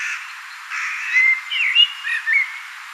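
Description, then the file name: Common blackbird singing a melodious phrase of slurred fluting whistles that waver up and down. "Turdus merula"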